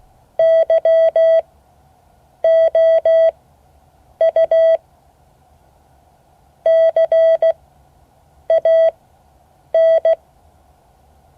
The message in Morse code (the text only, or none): YOU CAN